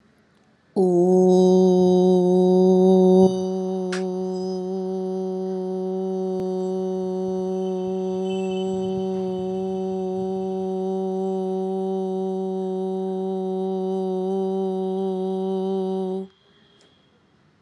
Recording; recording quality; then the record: sustained vowel as in boot; excellent, no background noise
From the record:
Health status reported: recovered from COVID-19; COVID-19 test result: negative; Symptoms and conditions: breathing difficulty, sore throat, fatigue, loss of smell and taste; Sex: female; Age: 30 years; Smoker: not ticked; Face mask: not worn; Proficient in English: yes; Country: India